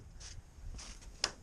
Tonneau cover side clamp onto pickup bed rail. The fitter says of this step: it locks into place so